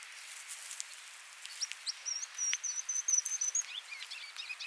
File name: Regulus calendula - Ruby-crowned Kinglet